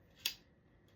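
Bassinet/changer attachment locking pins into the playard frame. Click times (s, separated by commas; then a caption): 0.3 s. A bassinet/changer attachment is pressed onto the frame of a Graco Pack 'n Play Care Suite playard so its small locking pins snap in. One sharp, bright click is heard at 0.3 s against a quiet background. The pins lock into place and the attachment is seated.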